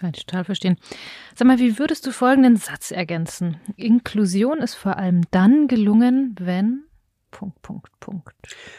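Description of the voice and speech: A woman speaks German in a clear, steady, mid-pitched voice. She briefly agrees, then asks how the listener would complete a sentence about inclusion. Her speech is fluent with natural pauses and shows no hoarseness, repetitions or slurring in a quiet room.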